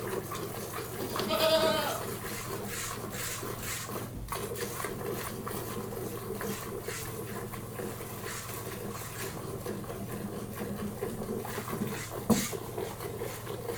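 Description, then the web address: Goat giving one short, wavering bleat early on, followed by steady rhythmic swishing and scraping sounds over a constant low hum. Domestic goat during milking. "The BBC Sound Effects Library. Livestock. Goat Milk"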